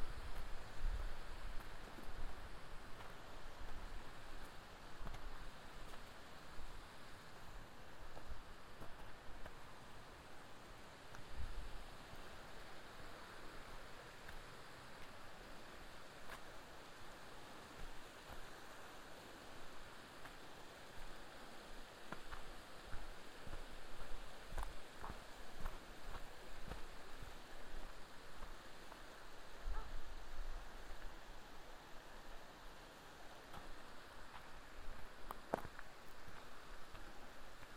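Hiking on the Curecanti Creek Trail, a binaural recording filled with a steady, dense rush of wind noise that hardly changes across the clip. Brief low thumps and scattered sharp clicks break through now and then, most noticeably around 11, 25 and 35 seconds.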